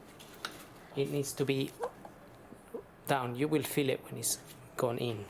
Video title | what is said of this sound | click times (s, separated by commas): BMW 3 series e90 318i 2011 spark plugs coil packs removal and replacement | Put the plug in there, make sure that clicks into place, and then push that down. | 0.4 s